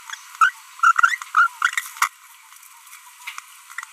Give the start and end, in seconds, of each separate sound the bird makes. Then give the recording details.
0.41-0.50, 0.80-0.92, 0.96-1.15, 1.35-1.47, 1.98-2.08. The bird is a female. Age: 25 days. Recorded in a nest box in Venezuela. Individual 17B42B1